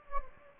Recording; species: mosquito wingbeat signal from an infrared sensor; Anopheles gambiae